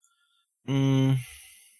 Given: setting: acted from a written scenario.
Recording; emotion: vocal sound without words; neutral